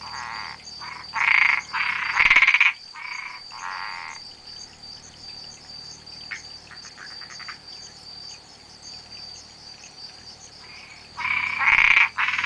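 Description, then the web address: Spotted tree frog gives rasping pulsed calls in clusters early on and again near the end. "sounds Boana albopunctata"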